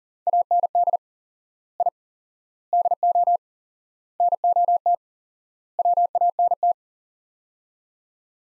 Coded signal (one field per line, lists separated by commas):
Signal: Morse code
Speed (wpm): 37 wpm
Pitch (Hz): 700 Hz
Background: none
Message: AND I DO NOT WANT